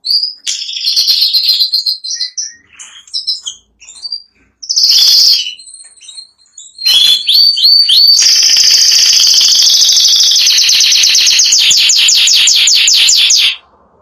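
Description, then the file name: Canary song: varied whistles and chirps, then a long, rapid, loud rolling trill lasting about five seconds. Song (canto). "canto do canario giboso espanhol"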